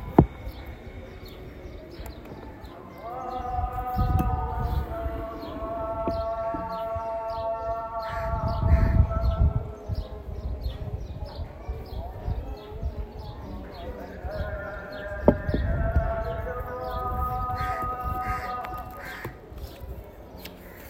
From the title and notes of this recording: Sounds of Zanzibar. Experience the sounds from the rooftop of the Zanzibar Coffee House.